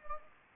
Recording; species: mosquito wingbeat signal from an infrared sensor; Anopheles gambiae